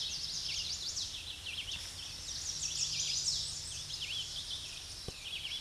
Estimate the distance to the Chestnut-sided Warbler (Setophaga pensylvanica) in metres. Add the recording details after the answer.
about 15 m. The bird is about 5 m above the microphone. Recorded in a Pennsylvania forest on 16 May 2024 at 07:55. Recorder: AudioMoth, point MSD-0263. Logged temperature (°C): 16.0 °C. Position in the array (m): 81 m, 221 m